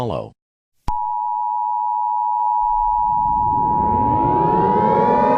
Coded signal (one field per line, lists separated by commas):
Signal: Emergency Alert System (SAME) tones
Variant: 853 and 960 Hz attention tone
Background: speech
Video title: EAS Scenario: Attack of the Galactic Empire (Part 3: The Rebel Alliance Intervenes)